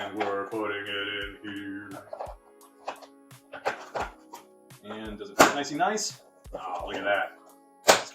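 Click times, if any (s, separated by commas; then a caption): 7.9 s. A plastic part of a toy playset is pushed into its mounting socket on the lair structure during assembly while someone talks over background music. A sharp snap is heard at 7.9 s as the piece pops into place and seats.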